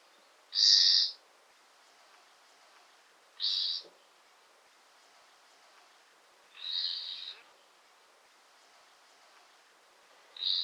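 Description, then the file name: Common nightingale calls: short, bright notes with a fainter lower tone beneath, sounded four times at roughly three-second intervals against quiet background hiss. "Luscinia megarhynchos"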